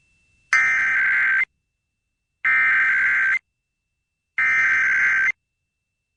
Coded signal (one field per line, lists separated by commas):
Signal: Emergency Alert System (SAME) tones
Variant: header bursts